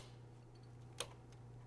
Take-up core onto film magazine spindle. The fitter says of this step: then we're gonna put the core on the spindle listen for the two clicks and then